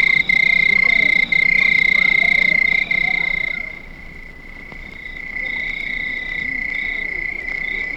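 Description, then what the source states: Crickets trilling steadily at a high pitch; the sound drops in loudness midway, leaving a quieter continuous trill. Crickets recorded at night.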